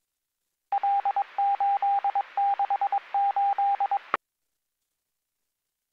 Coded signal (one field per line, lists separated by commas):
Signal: Morse code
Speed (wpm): 22 wpm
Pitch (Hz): 800 Hz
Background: radio noise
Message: L868